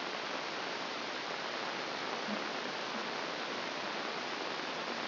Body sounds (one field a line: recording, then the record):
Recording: brain microelectrode recording played as sound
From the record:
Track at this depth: outside the subthalamic nucleus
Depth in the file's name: 0.84 mm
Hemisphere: left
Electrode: 2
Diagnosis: Parkinson's disease